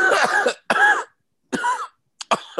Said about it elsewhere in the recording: I'm going to take a hit off of this vapey. Look at him coughing. Hopefully that's from the vape. It's not COVID.